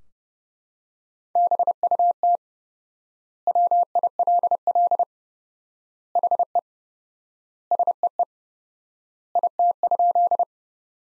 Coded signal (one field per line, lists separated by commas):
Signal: Morse code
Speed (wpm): 32 wpm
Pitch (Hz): 700 Hz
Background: none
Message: BUT WILL HE SEE IT?